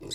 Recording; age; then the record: pig call; weaner (32 to 43 days)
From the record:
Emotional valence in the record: negative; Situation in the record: long isolation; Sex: female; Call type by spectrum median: high-frequency call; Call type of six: mixed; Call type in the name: high-frequency modulated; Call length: 0.15 s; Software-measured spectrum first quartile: 365 Hz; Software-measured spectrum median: 3064 Hz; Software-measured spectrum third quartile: 5039 Hz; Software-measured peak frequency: 3943 Hz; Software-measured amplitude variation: 128 dB a second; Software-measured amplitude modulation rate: 25.8 a second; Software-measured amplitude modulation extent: 5.0 dB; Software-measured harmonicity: 4.7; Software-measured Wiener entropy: -3.81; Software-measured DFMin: 735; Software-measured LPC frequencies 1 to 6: 400, 2006, 3971, 5065, 6021, 6954 Hz